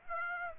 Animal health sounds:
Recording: mosquito wingbeat signal from an infrared sensor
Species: Aedes aegypti

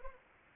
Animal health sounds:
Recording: mosquito wingbeat signal from an infrared sensor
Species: Anopheles arabiensis

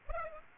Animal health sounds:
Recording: mosquito wingbeat signal from an infrared sensor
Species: Aedes aegypti

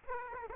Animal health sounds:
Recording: mosquito wingbeat signal from an infrared sensor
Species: Aedes aegypti

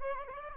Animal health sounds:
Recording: mosquito wingbeat signal from an infrared sensor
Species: Anopheles gambiae

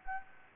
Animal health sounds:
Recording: mosquito wingbeat signal from an infrared sensor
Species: Anopheles gambiae

